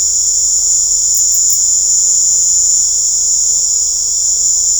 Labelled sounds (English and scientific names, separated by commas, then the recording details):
none
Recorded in pastures near Puerto Asís, Putumayo, Colombia, on 18 December 2024 at 19:00
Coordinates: 0.497, -76.327
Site G088